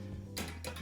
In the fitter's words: assemble this, and it looks like it just snaps right in here just like so, and it locks into place.